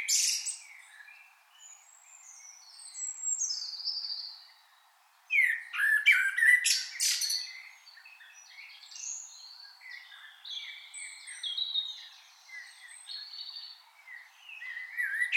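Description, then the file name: Common blackbird chattering with squeaky and warbled notes: softer phrases, then a loud burst, then softer scattered phrases and high twitters. "Turdus merula"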